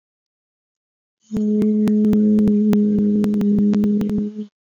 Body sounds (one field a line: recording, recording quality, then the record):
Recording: sustained vowel as in beet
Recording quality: moderate, slight background noise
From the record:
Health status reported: exposed to COVID-19, no respiratory illness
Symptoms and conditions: cough, breathing difficulty, fever, fatigue, muscle pain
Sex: female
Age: 25 years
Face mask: not worn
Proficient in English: yes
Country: India